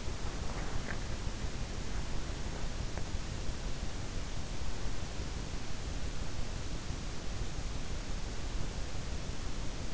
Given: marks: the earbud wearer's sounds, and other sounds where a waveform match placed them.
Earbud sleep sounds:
sounds in sleep by an in-ear microphone; swallowing
0.00-1.15 s: swallowing

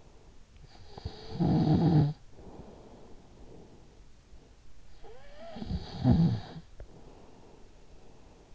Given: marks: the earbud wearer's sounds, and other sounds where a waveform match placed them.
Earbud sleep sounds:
sounds in sleep by an in-ear microphone; snoring breath
0.19-4.10 s: snoring breath
4.62-8.55 s: snoring breath

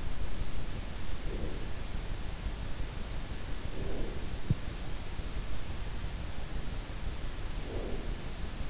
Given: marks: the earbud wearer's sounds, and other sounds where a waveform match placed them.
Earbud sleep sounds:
sounds in sleep by an in-ear microphone; breath
0.93-2.20 s: breath
3.24-4.48 s: breath
7.27-8.41 s: breath

